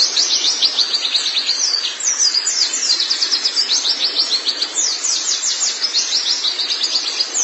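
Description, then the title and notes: White-eye song, rapid high-pitched twittering phrases of quick sweeping notes, delivered almost without pause. Chirping song. "Kicauan Burung Pleci Durasi Panjang. Suara kicauan burung pleci"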